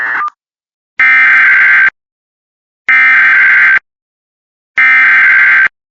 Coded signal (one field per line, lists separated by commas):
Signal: Emergency Alert System (SAME) tones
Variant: header bursts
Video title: Washington Immediate Evacuation for Wildfire Risk. (EAS 82)